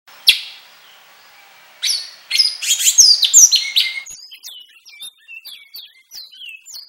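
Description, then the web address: Great-billed Seed-Finch: bicudo song, a sharp opening note, then a run of high clear whistled notes, some slurred downward, delivered in a quick irregular series. Songs in the "trem" song style. "bicudario cantos trem"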